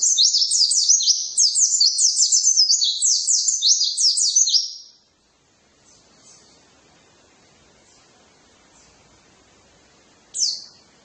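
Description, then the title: White-eye song: nearly five seconds of rapid high twittering warble, then quiet with a few faint chirps and one sharp note near the end. "pleci"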